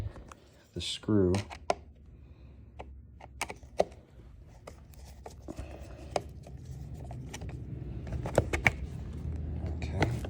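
An attachment is being slid onto a Craftsman V20-volt cordless string trimmer after its screw has been loosened, and someone talks briefly. Handling sounds and sharp clicks and knocks are heard, the loudest near 1.7, 3.8, 8.4, 8.7 and 10.0 seconds, over a low steady hum. Nothing has seated or clicked into place yet.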